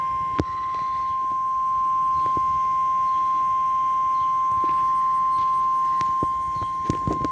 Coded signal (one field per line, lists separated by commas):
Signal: Emergency Alert System (SAME) tones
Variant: 1050 Hz attention tone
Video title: Required Weekly Test On KXI79 7/27/2022 (EAS #1,611)